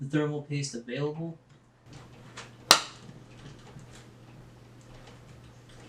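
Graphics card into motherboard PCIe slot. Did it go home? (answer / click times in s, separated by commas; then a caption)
yes / 2.7 s. A graphics card is pushed down into a motherboard's PCIe slot until the slot's retention latch clicks. Someone talks at the start, then after a quiet pause and a softer tap around 2.4 seconds, a sharp click is heard at 2.7 seconds. The card is seated in the slot.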